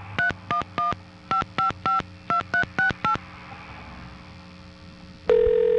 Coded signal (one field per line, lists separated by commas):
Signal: DTMF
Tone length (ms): 120 ms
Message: 3115552368